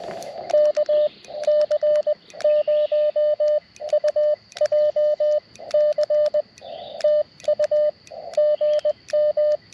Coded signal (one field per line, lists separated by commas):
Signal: Morse code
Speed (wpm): 20 wpm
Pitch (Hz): 590 Hz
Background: radio noise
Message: KC0UJC TU GM